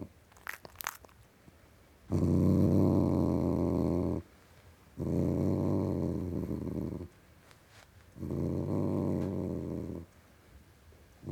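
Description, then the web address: Cat growl in three sustained low rumbling bouts of about two seconds each, separated by short pauses, with a few faint clicks before the first and the start of another at the end. Tom cat (male) growling. "The BBC Sound Effects Library - Complete 60 CDs Collection (Cats) Tom Cat Growling"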